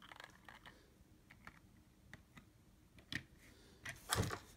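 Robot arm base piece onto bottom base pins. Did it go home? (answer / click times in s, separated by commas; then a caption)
no / none. The upper base piece of a desktop robot arm kit, which has four small holes, is lined up with the pins on the bottom base and pressed down. Light taps and handling knocks are heard, building to a louder knock near the end. Nothing has seated or snapped into place yet.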